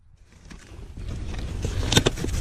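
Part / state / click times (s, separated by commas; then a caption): drainage pipe section into snap coupling of next pipe section / not seated / none. A corrugated plastic drainage pipe section is worked one-handed into the snap-on coupling of the next pipe section, with rustling, scraping plastic handling that grows louder and two brief sharp knocks near 1.9 and 2.1 seconds. The clip ends just before the part goes home; nothing has seated or clicked yet.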